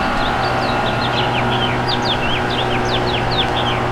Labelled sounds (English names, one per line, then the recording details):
House Finch song
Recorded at West Islip on Long Island, New York, on 18 May 2013
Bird M